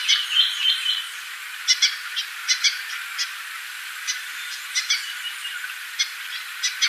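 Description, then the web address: Yellow-bellied siskin song, an extended series of rapid high chirps and short twittering notes, with brief pauses between bursts over about seven seconds. Ecuador. "Natures Songs S America Birds of Ecuador Yellow-bellied Siskin"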